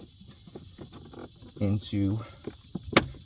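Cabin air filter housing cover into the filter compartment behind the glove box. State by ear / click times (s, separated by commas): seated / 3.0 s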